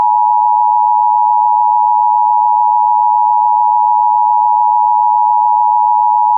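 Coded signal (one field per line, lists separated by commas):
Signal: Emergency Alert System (SAME) tones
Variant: 853 and 960 Hz attention tone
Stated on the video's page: Fictional EAS scenario set in a game remake; simulated.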